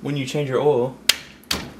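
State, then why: Seated. Someone talks while pressing a plastic cover back onto a car battery after checking the battery during an oil change. A sharp tap is heard around 1.1 s, then a loud, crisp snap at 1.5 s as the cover seats back into place.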